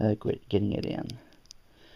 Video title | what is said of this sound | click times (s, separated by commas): Fitbit Force review and walkthrough | like i said listen to it for a couple clicks | 1.5 s